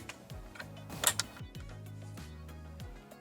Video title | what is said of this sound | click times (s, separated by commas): Cadillac Escalade - How to Clean and Sanitize your Center Console Cup Holder Easy DIY 07 - 2014 | it only goes in one way just make sure you snap it in you'll hear it click | 1.1 s, 1.2 s